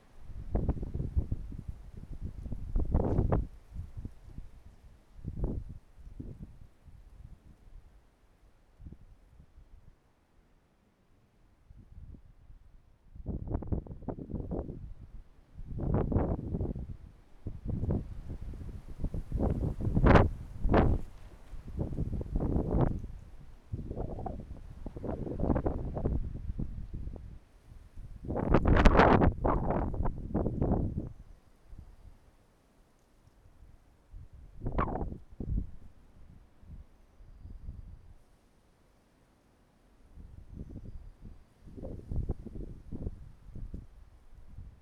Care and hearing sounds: everyday scene through a hearing-aid microphone; wind on the microphone; wind, traffic, birds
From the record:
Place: suburban garden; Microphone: behind the ear, right, rear

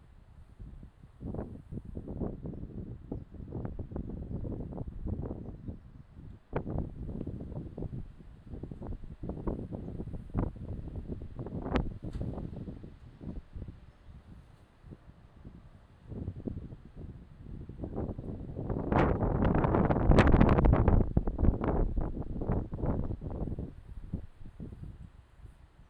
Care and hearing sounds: everyday scene through a hearing-aid microphone; wind on the microphone; squally wind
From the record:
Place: parking lot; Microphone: in the ear canal, left

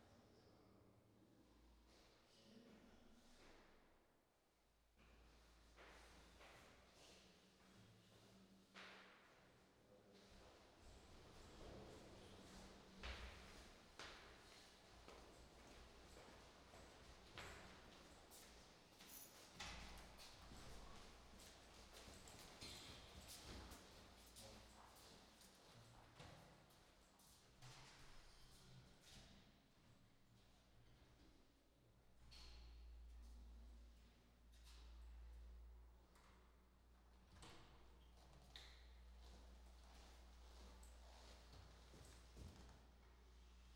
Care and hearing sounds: everyday scene through a hearing-aid microphone; reverberant space; speech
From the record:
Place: staircase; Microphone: in the ear canal, right

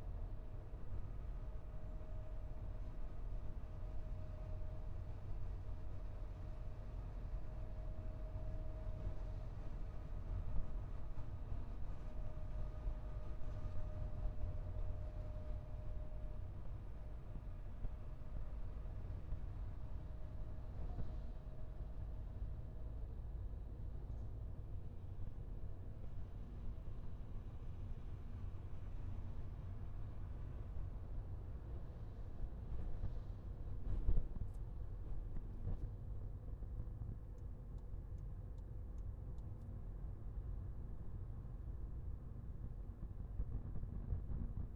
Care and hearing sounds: everyday scene through a hearing-aid microphone; in a vehicle; engine, highway driving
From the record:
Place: Skoda Fabia, gasoline engine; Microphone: behind the ear, left, rear

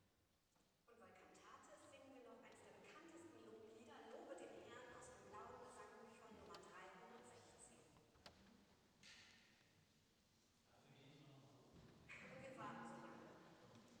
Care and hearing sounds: everyday scene through a hearing-aid microphone; reverberant space; speech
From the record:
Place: church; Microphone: in the ear canal, left

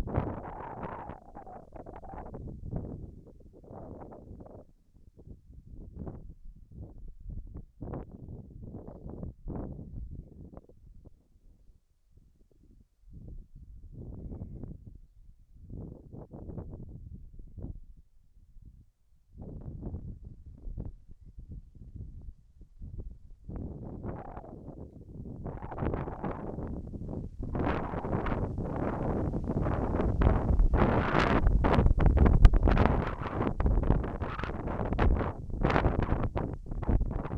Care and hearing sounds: everyday scene through a hearing-aid microphone; wind on the microphone; wind, whistling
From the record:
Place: in front of a rural house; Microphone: behind the ear, left, rear

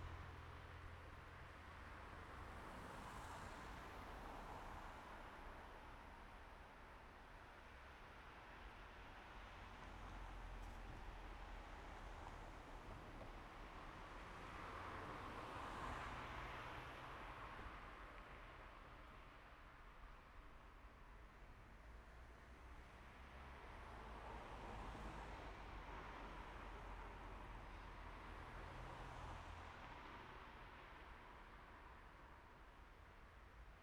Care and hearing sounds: everyday scene through a hearing-aid microphone; in traffic; traffic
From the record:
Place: main road on the outskirts, rush hour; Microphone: behind the ear, right, rear

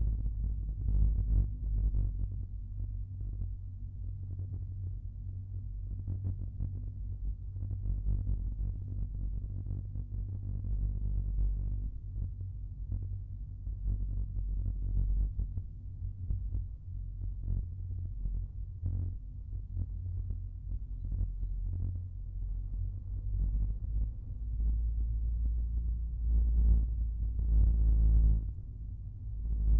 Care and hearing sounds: everyday scene through a hearing-aid microphone; in a vehicle; engine, rumble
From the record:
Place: Skoda Fabia, gasoline engine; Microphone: behind the ear, right, front

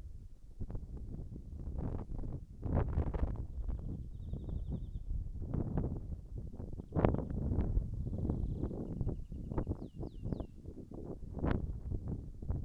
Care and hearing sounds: everyday scene through a hearing-aid microphone; wind on the microphone; wind, birds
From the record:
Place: in front of a rural house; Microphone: behind the ear, right, rear

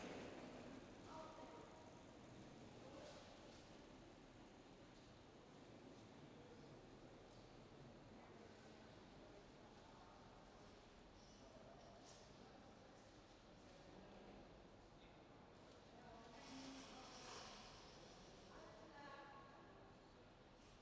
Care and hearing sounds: everyday scene through a hearing-aid microphone; reverberant space; background noise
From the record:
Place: railway station hall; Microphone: in the ear canal, left

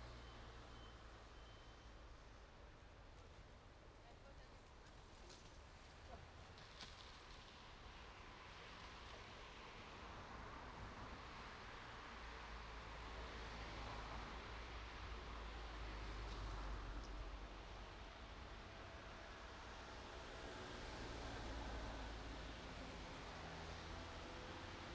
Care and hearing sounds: everyday scene through a hearing-aid microphone; in traffic; traffic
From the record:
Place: main road on the outskirts, rush hour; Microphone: in the ear canal, right

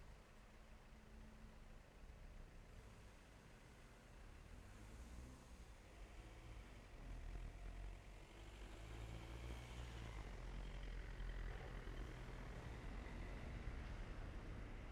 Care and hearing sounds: everyday scene through a hearing-aid microphone; in traffic; traffic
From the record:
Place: main road on the outskirts, rush hour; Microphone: behind the ear, left, front

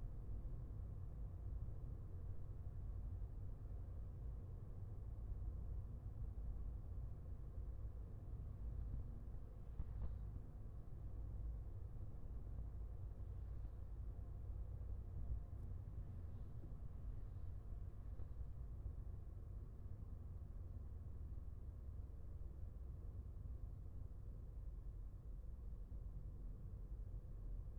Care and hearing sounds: everyday scene through a hearing-aid microphone; in a vehicle; engine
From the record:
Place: Skoda Fabia, gasoline engine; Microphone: behind the ear, left, front

